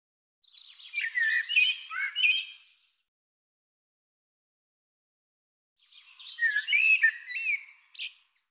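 Bird singing two jumbled warbling phrases of chirps and slurred whistled notes, each lasting roughly two and a half seconds, separated by several seconds of silence.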